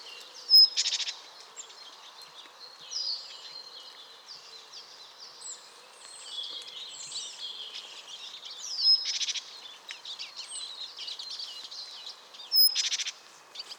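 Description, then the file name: Great tit with three brief, rattling churrs spread throughout, while softer twitters and whistles from other birds carry on between them. "Parus major"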